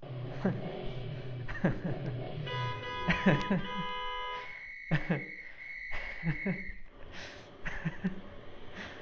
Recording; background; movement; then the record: laughter; traffic; sitting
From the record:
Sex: male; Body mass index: 20.5 kg/m2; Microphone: on the chest, facing outward